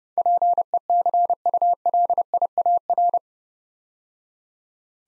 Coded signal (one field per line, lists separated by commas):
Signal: Morse code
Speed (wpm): 29 wpm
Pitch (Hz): 700 Hz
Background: none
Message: PECULIAR